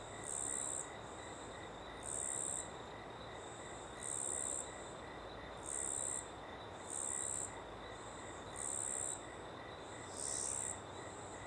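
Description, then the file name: Cricket sounding shrill, sizzling trills that recur every couple of seconds, with softer trills between and a quiet steady background hiss. Ambience in a small open woodland with a river in the background; cricket very prominent on the left channel. "Ambiente em Pequena Mata Aberta e Rio ao Fundo com Grilo bem Presente na Esquerda"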